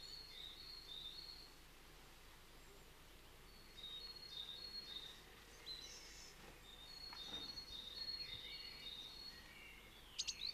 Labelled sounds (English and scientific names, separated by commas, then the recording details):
Great Tit (Parus major) song
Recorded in the wild
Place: Kaiserslautern, Rheinland-Pfalz, DE
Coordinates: 49.4247, 7.77889
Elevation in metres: 279
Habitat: garden
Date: 1977-06-03
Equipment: Nagra IV, Sennheiser MKH 405, Parabolreflektor
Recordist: Tretzel, Erwin
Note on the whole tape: Gesang "zidä" auf der Birke vor Annettes Zimmer